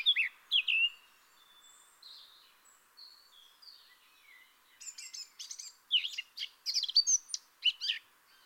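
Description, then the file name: Eurasian blackcap song: a few warbled notes, soft faint whistles during a quiet spell, then a fast chattering burst. "Sylvia atricapilla"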